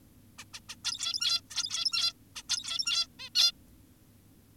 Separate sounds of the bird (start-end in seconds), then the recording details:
0.39-0.45, 0.54-0.60, 0.69-0.76, 0.85-1.41, 1.51-2.13, 2.36-2.43, 2.50-3.07, 3.19-3.30, 3.35-3.52. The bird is an adult. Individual g17y2U